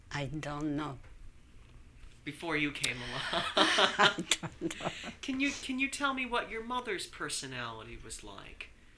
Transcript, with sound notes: I don't know.
Before you came along. ( they laugh ) Can you tell me what your mother's personality was like?